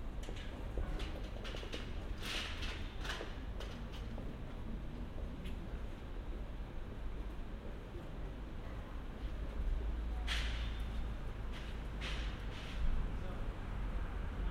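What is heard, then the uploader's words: A city street hemmed in by buildings, filled with a steady low rumble of traffic and trains. Faint voices drift through the mix, and short clattering, knocking sounds break through now and then, clustered in the first few seconds and again around ten seconds. Savignyplatz and Bleibtreustrasse. A urban canyon caught between the charlottenburg elite and the never-tiring action of the main elevated train lines.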